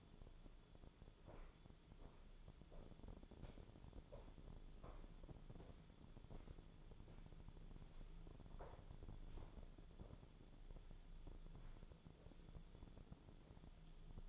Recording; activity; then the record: daily activity, microphone in the room; walk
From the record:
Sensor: 5